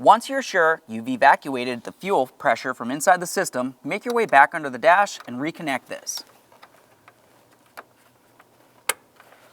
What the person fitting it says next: listen for a click give that a tug to make sure it's secured continue on with your trim piece